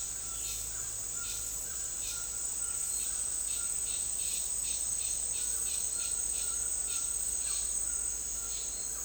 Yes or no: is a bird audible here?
yes